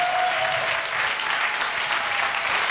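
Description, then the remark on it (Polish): An audience at a live radio event claps steadily throughout, filling airtime while performers plug in their equipment, a dense, even wash of applause at constant loudness with no voices over it. “Ponieważ w radiu nie może być ciszy, to jeszcze Państwa poproszę do oklaski, bo oni się właśnie podpinają.”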